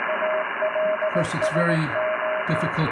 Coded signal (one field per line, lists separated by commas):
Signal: Morse code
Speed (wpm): 18 wpm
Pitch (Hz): 620 Hz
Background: speech, radio noise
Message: ALSO